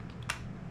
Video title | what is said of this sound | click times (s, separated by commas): Holiday Travel Haul- What We Got For Our 2025 Adventures | and locks in place and you can interchange these to whatever device you want to use | 0.3 s